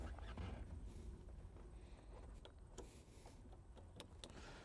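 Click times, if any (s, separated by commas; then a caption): 4.2 s. A plastic clip-on part of the daytime running light assembly on a BMW X5 is pressed back into place by hand during a bulb replacement. Over low rumbling background noise, a few faint ticks sound before a sharp little snap at 4.2 seconds, when the part seats back on.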